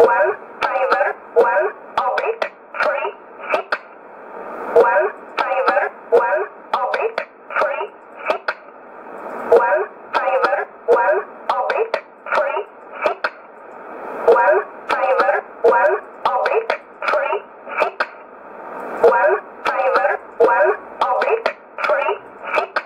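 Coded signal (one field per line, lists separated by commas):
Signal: numbers station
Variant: E11 Oblique, English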